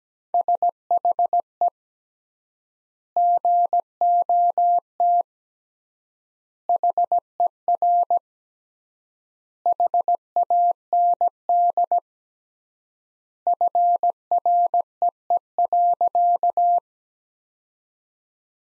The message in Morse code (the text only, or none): SHE GOT HER HAND FREE.